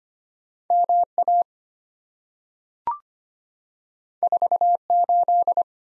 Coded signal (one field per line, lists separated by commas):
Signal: Morse code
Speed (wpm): 25 wpm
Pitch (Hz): 700 Hz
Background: none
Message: MA 48